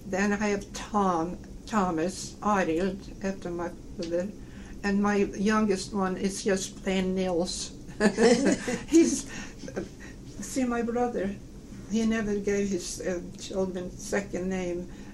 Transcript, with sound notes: Then I have Tom - Thomas Arild, after my brother, and my youngest one is just plain Nils. (both laugh) He's - see, my brother, he never gave his children second name.